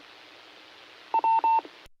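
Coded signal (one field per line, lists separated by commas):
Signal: none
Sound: repeater courtesy tone beeps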